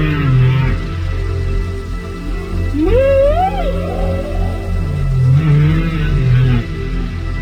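Whale vocalizations, low moans and a rising then wavering whistle-like call over a steady deep rumbling background.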